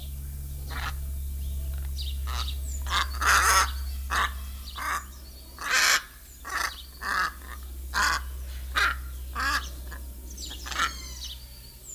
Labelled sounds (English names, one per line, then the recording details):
Hyacinth Macaw
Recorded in captivity
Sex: pair
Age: adult
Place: Tierpark Berlin, Berlin, DE
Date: 2002-03-17 15:25
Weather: sunny, 14°C
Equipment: Sony WM-D6C, Sennheiser MKH 416, Kopie Uher 4000 Report Monitor
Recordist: Tembrock, Günter